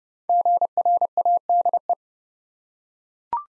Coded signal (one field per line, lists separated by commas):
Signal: Morse code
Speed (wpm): 30 wpm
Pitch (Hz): 700 Hz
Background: none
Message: GRADE